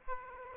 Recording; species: mosquito wingbeat signal from an infrared sensor; Aedes aegypti